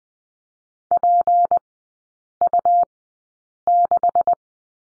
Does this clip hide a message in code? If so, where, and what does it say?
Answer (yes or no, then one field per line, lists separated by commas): yes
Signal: Morse code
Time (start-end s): 0.9-4.3 s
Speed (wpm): 20 wpm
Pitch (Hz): 700 Hz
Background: none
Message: PU6